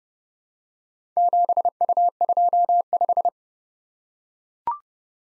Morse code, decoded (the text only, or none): 7U25